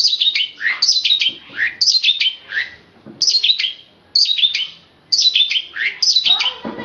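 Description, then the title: Oriental magpie-robin song of short phrases, each a cluster of bright descending whistled notes, repeated roughly every second with brief gaps. Recording over an hour long. "Kicau Kacer"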